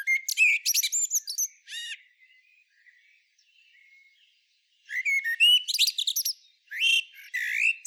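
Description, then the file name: Common blackbird song: bursts of warbled notes and high squeaky twitters, with a long quieter gap in the middle. "Turdus merula"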